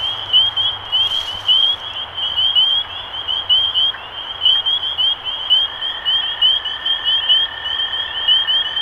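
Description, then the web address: Spring peepers calling in a dense chorus of short, high, upslurred peeps, many overlapping, with a steady lower tone joining in the second half. Recorded 23 March 2012. "rob animals Peepers-2012-0323"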